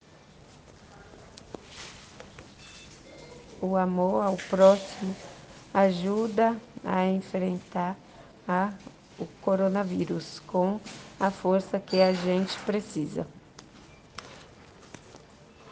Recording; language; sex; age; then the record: spoken sentence; Brazilian Portuguese; female; 40 to 49 years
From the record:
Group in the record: respiratory insufficiency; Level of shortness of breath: 5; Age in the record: 48 years